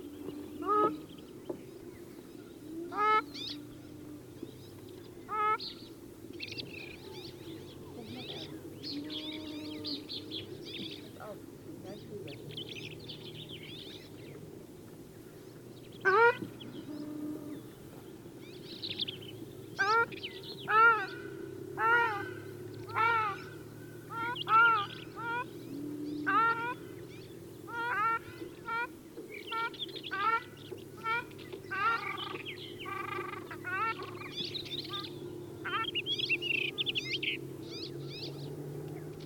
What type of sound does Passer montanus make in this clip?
call